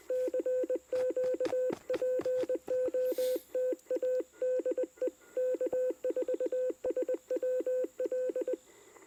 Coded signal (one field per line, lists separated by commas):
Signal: Morse code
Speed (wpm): 20 wpm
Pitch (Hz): 510 Hz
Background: none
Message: CQ POTA DE K4SWL